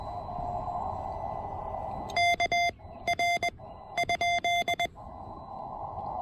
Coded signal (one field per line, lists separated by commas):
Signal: Morse code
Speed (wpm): 20 wpm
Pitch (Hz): 2100 Hz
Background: none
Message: K R ?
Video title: Amazing QRP POTA fun with my $120 TEN-TEC R4020!